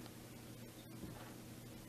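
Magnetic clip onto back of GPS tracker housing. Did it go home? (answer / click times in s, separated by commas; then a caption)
no / none. A magnetic clip is being handled against the back of a small GPS micro tracker housing; the clip lets the tracker be placed on the top side of a vehicle frame or any magnetic surface. Only a steady broadband hiss with a low hum is heard, with no sharp hits. Nothing has seated or clicked yet.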